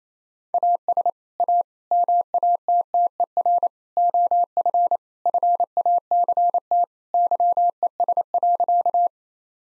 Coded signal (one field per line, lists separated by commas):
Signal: Morse code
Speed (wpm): 27 wpm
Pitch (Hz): 700 Hz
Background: none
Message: AS A MATTER OF FACT YES.